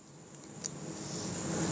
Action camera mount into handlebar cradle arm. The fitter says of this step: you just kind of strap it down like this, and it kind of locks in place because it's got that extra registration.